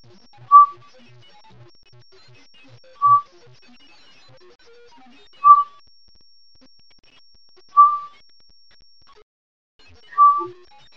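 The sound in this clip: Northern pygmy owl giving five single whistled toots, evenly spaced about every two and a half seconds.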